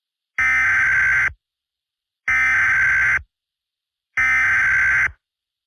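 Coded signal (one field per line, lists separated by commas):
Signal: Emergency Alert System (SAME) tones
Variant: header bursts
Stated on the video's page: Fictional EAS scenario.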